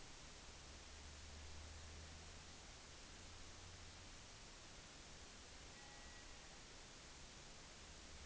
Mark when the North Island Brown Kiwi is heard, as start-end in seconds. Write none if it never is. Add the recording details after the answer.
none. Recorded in New Zealand on 10 November 2013. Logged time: 02:19